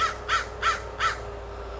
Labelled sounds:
American Crow (Corvus brachyrhynchos)
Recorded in Sonoma County, California

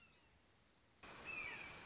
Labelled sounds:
Red-shouldered Hawk (Buteo lineatus)
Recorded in Sonoma County, California

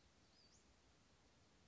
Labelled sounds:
Western Flycatcher (Empidonax difficilis)
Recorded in Sonoma County, California

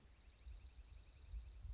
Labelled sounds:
Dark-eyed Junco (Junco hyemalis)
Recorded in Sonoma County, California

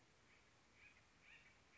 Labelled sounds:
Acorn Woodpecker (Melanerpes formicivorus)
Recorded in Sonoma County, California

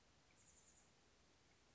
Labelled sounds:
Chestnut-backed Chickadee (Poecile rufescens)
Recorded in Sonoma County, California

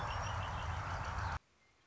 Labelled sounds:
Red-winged Blackbird (Agelaius phoeniceus)
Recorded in Sonoma County, California

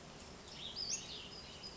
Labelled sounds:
Western Flycatcher (Empidonax difficilis)
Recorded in Sonoma County, California

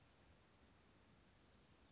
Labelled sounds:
Western Flycatcher (Empidonax difficilis)
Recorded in Sonoma County, California

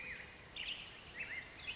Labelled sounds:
Black-headed Grosbeak (Pheucticus melanocephalus)
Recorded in Sonoma County, California

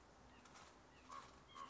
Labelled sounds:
White-breasted Nuthatch (Sitta carolinensis)
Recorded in Sonoma County, California

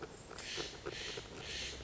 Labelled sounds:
Steller's Jay (Cyanocitta stelleri)
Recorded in Sonoma County, California

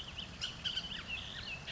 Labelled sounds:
Bullock's Oriole (Icterus bullockii)
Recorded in Sonoma County, California

